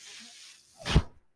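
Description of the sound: Soft steady hiss, then a brief low whooshing puff: a home mechanical ventilator delivering a breath.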